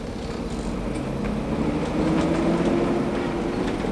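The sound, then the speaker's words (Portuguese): An electric trolleybus on Avenida Caxangá in Recife, Brazil, runs very slowly with a steady low rumble and a thin motor whine that slowly rises in pitch, holding at a constant moderate loudness with no voices. “Na Avenida Caxangá não havia a pista do BRT, era a época do ônibus elétrico, mais conhecido como trolebus.”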